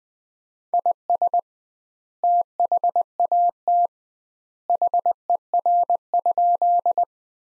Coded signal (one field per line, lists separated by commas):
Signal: Morse code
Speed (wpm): 20 wpm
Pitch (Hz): 700 Hz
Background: none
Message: IS THAT HER?